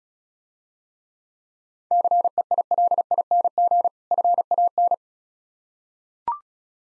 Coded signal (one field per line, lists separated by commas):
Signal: Morse code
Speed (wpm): 38 wpm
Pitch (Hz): 700 Hz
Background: none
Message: CEILING FAN